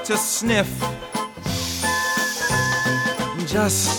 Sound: deep inhale